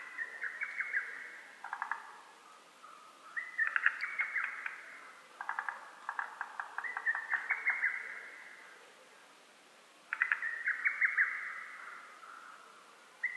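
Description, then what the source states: Lesser cuckoo giving rapid whistled note series, several phrases close together, then a pause before another burst. Recorded 12 June 2010.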